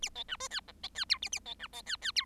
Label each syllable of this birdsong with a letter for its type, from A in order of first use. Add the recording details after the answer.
A B C D E F B E G A A B C B E E G. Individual Bird7